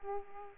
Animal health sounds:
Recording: mosquito wingbeat signal from an infrared sensor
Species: Aedes aegypti

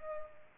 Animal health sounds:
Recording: mosquito wingbeat signal from an infrared sensor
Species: Culex pipiens

